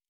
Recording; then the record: hydrophone in a shrimp aquaculture tank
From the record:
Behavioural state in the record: normal